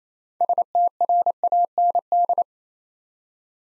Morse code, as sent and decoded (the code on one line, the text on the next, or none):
... - .-. .- -. -..
STRAND